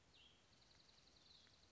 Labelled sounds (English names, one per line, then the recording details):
Cassin's Vireo
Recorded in Sonoma County, California